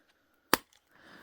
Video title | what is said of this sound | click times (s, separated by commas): buck 110 NRA clone | and of course a little button to snap into place | 0.5 s